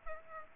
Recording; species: mosquito wingbeat signal from an infrared sensor; Aedes aegypti